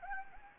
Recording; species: mosquito wingbeat signal from an infrared sensor; Anopheles gambiae